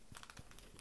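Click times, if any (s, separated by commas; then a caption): none. The plastic left leg of a Marvel Legends Thanos build-a-figure is handled and pushed toward the hip socket of the figure's torso, giving dry crinkly plastic rubbing with short sharp ticks around 0.2 and 0.3 seconds. Nothing has seated or clicked into place yet when the clip ends.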